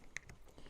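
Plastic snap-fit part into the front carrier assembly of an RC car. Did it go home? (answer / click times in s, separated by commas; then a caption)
yes / 0.2 s. A plastic snap-fit part is lined up and pushed down into the front carrier and hub assembly of an HPI Racing Baja 5B SBK 1/5 scale 2-stroke RC buggy. A sharp, bright snap rings out at 0.2 s, followed by a few faint handling noises. The part seats with a satisfying snap and is confirmed in place.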